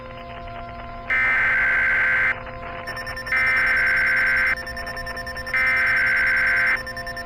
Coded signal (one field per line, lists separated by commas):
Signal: Emergency Alert System (SAME) tones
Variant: header bursts